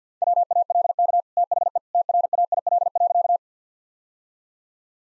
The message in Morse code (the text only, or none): WALK THE TRAIL.